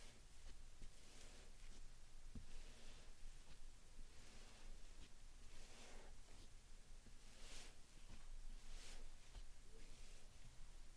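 Slime and sand triggers play out as a continuous run of soft squishing, crackling and granular rustling. Bright, crisp bursts rise every second or so, with sharper sizzling swells near 1, 6, 7.5 and 9 seconds. A faint low hum sits underneath throughout.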